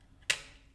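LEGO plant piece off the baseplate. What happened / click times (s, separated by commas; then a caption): A small plastic piece snapped off its mount / 0.3 s. A green plastic LEGO plant piece next to a tree is accidentally knocked off the baseplate while the build is being handled. A faint tick at 0.2 s is followed by a sharp, bright snap at 0.3 s as the piece pops off, with a short high-frequency decay afterward. The plant piece comes free of the baseplate.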